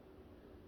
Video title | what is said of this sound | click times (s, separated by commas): Pt 2: Upgrading Warmother's computer from 10th gen to 12th gen, Z490. to Z690m-itx asrock | we didn't hear it snap which is scary | none